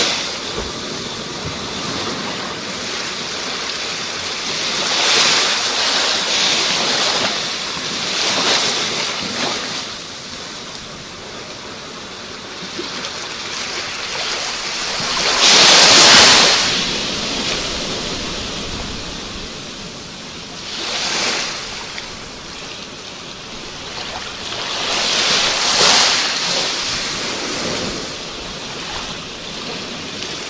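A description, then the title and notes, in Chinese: Ocean waves wash in with a steady hiss, surges swelling roughly every five seconds, the loudest crest breaking near sixteen seconds. 身临其境的海浪声。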